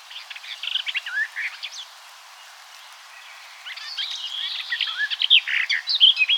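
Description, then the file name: Eurasian blackcap giving a scratchy, chattering warble; a short burst, a quiet pause, then a louder, busier run of varied notes to the end. "Sylvia atricapilla"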